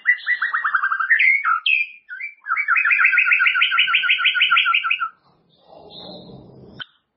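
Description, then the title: White-rumped shama song with descending whistled notes, then a long fast rattling trill of repeated notes, followed by a soft broad rustling noise and one high whistle. "murai batu"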